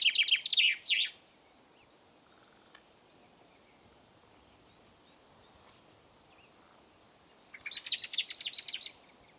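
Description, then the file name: Common chaffinch song: two fast trilled phrases, one at the start and another about seven seconds later. "Fringilla coelebs"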